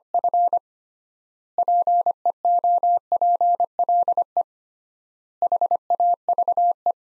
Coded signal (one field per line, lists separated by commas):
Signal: Morse code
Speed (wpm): 25 wpm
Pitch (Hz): 700 Hz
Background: none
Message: F PEOPLE HAVE